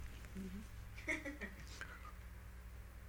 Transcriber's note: a voice is heard laughing off mike